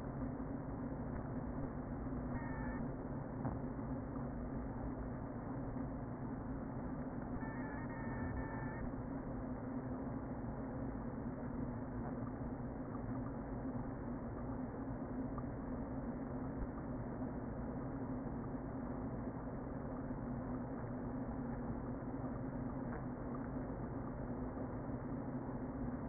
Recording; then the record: honeybee colony, microphone inside the hive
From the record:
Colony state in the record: queen present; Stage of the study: before two queens were removed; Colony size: about 60,000 bees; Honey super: yes